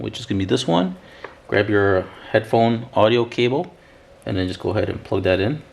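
Someone talks while picking up a headphone audio cable to plug its connector into the cable of a Bluetooth unit on a Bilt Techno2 helmet. Nothing has seated or clicked yet; the connector is only being handled, before it snaps in.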